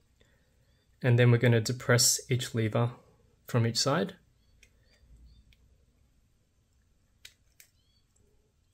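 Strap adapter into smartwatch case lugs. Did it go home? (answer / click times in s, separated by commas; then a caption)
no / none. A metal strap adapter is inserted from the back of a smartwatch case into its lugs, and its spring levers are pressed from each side. Someone talks for the first four seconds, followed by quiet handling with faint ticks; the sharpest come near 7.3 and 7.6 seconds. The adapter has not yet clicked into place; nothing has seated yet.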